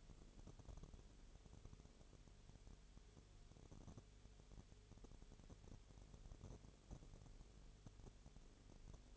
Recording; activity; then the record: daily activity, microphone in the room; no activity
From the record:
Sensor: 4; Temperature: 22.0 degrees Celsius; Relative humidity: 29.7%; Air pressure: 1002.1 hPa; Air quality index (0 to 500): 59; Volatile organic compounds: 1 ppm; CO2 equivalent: 608 ppm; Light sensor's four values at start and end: 2/3/1/1 and 2/3/1/1